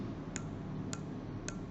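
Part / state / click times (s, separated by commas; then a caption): ratchet knob on a screw gauge spindle / torque reached / 0.4 s, 0.9 s, 1.5 s. The ratchet knob on a screw gauge spindle is turned during a zero-error check, and once the spindle closes it gives three short, sharp clicks at 0.4, 0.9 and 1.5 seconds over a steady low background hum. The repeated clicks confirm the ratchet is slipping at its set torque, the signal to stop rotating.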